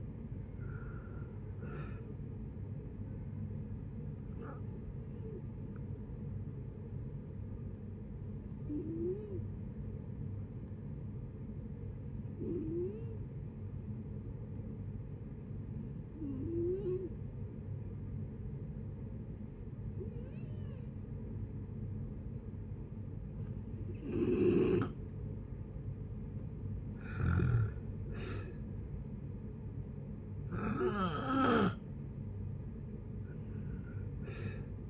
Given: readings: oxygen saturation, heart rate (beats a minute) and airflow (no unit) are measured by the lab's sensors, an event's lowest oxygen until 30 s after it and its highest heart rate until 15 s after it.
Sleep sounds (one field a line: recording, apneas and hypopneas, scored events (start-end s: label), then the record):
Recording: breathing in sleep by a smartphone at the bedside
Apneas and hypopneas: 1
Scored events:
7.00-25.50 s: hypopnea (N1, oxygen 97% highest, then 87% lowest)
From the record:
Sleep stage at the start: N1 (lightest sleep)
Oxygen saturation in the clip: 84 to 97%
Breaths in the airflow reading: 10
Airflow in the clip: -7.6 to 9.8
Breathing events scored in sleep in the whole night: 496 in 5.4 hours asleep